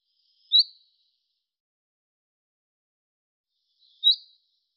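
Bird: two short, sharp, high calls about three and a half seconds apart, with silence otherwise.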